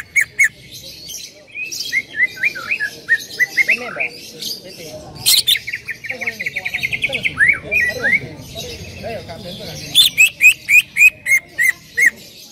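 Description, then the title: Bird song: busy, varied chirps and twitters throughout, ending in a quick series of sharp repeated notes. "Kicau Burung"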